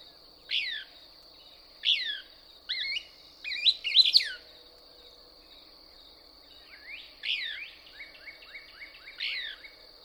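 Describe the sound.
Couch's Kingbird twittering song: sharp high descending notes in short bursts, then a quick stepped series of lower chips, over a steady high insect drone.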